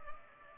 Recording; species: mosquito wingbeat signal from an infrared sensor; Culex pipiens